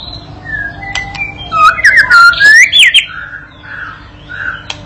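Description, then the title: White-rumped shama song: scattered soft whistles, then a brief loud burst of twisting whistled notes, fading into quieter mellow calls. Lure training recording used to teach a young bird to sing energetically and prompt it to answer at once. "MURAI BATU PAUD BELAJAR GACOR, AJARI DENGAN MASTERAN PANCINGAN INI, PANCING LANGSUNG NYAUT"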